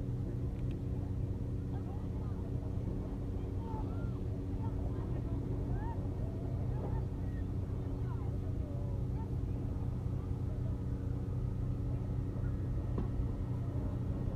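Ambience on a lake beach, dominated by a steady, dense low rumble like engines or wind that holds level throughout. Faint chirps or voices flicker through the middle of the clip, and a brief tap sounds near the end.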